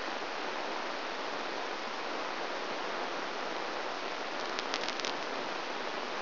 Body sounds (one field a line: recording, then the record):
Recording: brain microelectrode recording played as sound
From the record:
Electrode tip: outside the subthalamic nucleus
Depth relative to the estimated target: 3.5 mm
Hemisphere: right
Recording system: AlphaMap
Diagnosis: Parkinson's disease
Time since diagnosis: 13 years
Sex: male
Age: 63 years